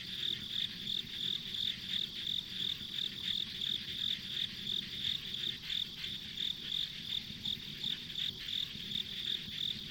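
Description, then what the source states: Insects in a chorus of regular shrill chirps over a steady high drone. Insects as ambient sound on a rural country road.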